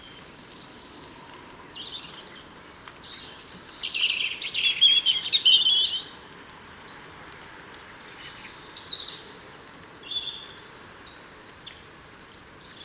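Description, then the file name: European robin song with scattered high, wispy phrases and a louder jangling burst in the middle, separated by quiet pauses. "Erithacus rubecula"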